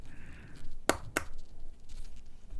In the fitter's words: There we go. Nice click.